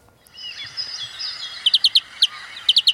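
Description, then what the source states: European greenfinch calls: several short, sharp, high notes given singly and in quick bursts near the end, over a soft hiss of bird twittering. Played reference recording of the call, not the song.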